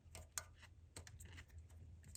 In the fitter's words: that slit on there you hear it click and then you can press this logging tab